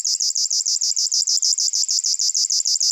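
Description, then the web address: River warbler song: a dry, insect-like rhythmic buzzing, fast pulses repeated steadily, high-pitched and continuous throughout. "Locustella fluviatilis"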